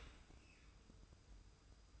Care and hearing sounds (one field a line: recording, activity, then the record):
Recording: daily activity, microphone in the room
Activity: open dishwasher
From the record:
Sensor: 2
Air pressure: 990.3 hPa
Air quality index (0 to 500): 208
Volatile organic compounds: 1000 ppm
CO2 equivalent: 6692 ppm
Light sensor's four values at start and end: 26/61/25/25 and 26/61/25/25